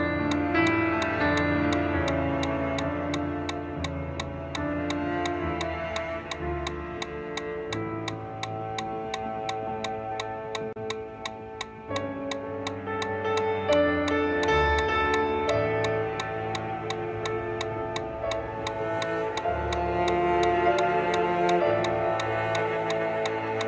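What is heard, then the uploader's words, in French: A metronome ticks at a running cadence of 170 beats per minute, sharp bright clicks evenly spaced from start to finish. Beneath it plays steady, full music with held notes and a low bass, dipping slightly in loudness around the midpoint. La séance vous permet d’avoir un métronome pour courir à une cadence de 170 pas par minute pendant 1 heure.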